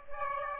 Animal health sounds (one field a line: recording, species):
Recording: mosquito wingbeat signal from an infrared sensor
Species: Aedes aegypti